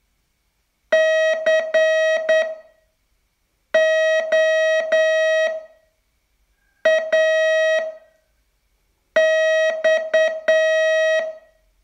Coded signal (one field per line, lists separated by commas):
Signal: Morse code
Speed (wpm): 9 wpm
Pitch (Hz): 640 Hz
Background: none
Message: COAX